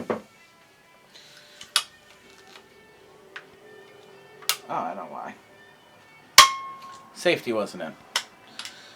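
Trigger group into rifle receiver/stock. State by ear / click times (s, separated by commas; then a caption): seated / 8.2 s. A Russian SKS rifle trigger group is pushed into the rifle's receiver and stock; it would not go in until the safety was set. Someone talks over sharp metallic clacks and knocks, with the loudest hit near 6.4 s. With the safety set, the trigger group snaps into place at 8.2 s.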